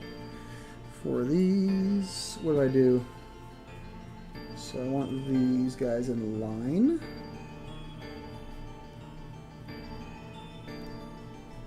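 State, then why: Not seated. A plastic LEGO piece is being lined up against a LEGO assembly while someone talks, over a soft, steady tonal background. Nothing has seated or clicked into place yet.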